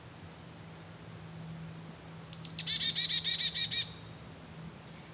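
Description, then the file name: Marsh tit call: a sharp high note followed by a fast, buzzy series of nasal chattering notes, lasting over a second. "Poecile palustris"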